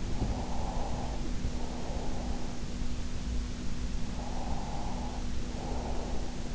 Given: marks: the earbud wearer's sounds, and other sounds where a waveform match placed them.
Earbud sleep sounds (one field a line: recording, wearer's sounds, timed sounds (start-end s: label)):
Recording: sounds in sleep by an in-ear microphone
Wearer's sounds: breath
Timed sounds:
0.09-2.71 s: breath
4.10-6.55 s: breath